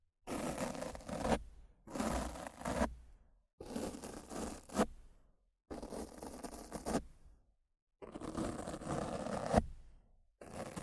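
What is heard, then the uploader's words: Rough scratching and brushing against a microphone comes in bursts of about one to two seconds, each cut off by abrupt silence. The strokes are dense and grainy, full from low rumble up to bright hiss, with uneven swells within each burst. ASMR Rough Mic Scratching & Brushing (No Talking).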